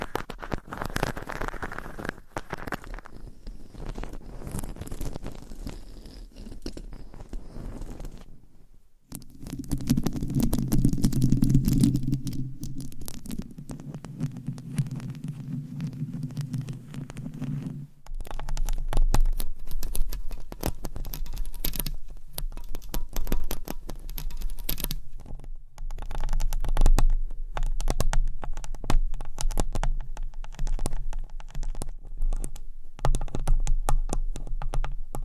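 Scratching and tapping with dense crackly strokes, a heavy low hum and brief quieter gap near nine seconds, then steady rapid scratching.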